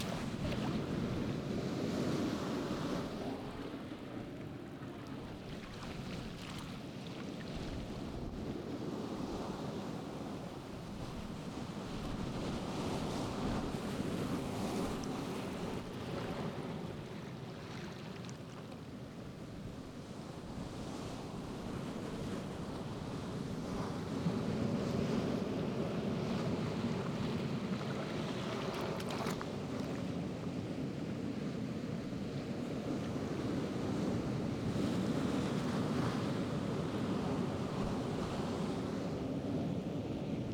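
Surf rolls in along a rocky Pacific shore, a steady low roar with wind rumble and brief brighter wave crashes near 15 and 29 seconds.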